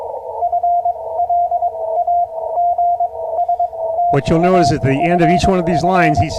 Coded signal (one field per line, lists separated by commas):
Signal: Morse code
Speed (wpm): 22 wpm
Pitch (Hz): 690 Hz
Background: speech, radio noise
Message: FLAGSTAFF